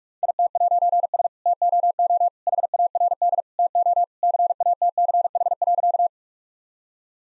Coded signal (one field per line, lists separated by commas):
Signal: Morse code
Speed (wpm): 46 wpm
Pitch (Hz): 700 Hz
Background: none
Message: IT'S TOO HARD TO CATCH.